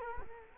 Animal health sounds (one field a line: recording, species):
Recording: mosquito wingbeat signal from an infrared sensor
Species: Culex quinquefasciatus